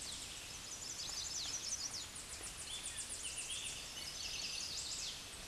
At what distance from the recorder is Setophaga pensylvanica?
about 30 m